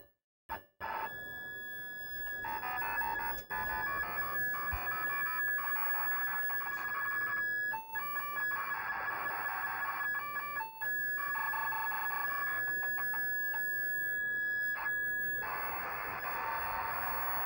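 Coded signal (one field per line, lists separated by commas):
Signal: computer data on cassette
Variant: Interact Home Computer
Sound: steady high whistle with harsh buzzing data bursts and warbling bands, loading screech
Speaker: so I will press L and then I'm just going to play this file through audio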